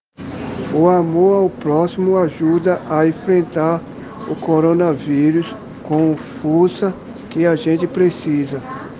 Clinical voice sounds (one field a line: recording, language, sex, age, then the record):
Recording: spoken sentence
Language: Brazilian Portuguese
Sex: male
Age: 20 to 29 years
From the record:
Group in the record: respiratory insufficiency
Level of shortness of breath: 5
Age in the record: 28 years